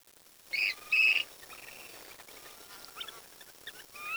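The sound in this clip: Birds calling: two loud harsh squawking notes in quick succession, followed by soft scattered chirps and a faint rising whistle at the end.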